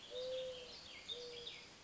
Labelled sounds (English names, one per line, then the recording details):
Mourning Dove
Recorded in Sonoma County, California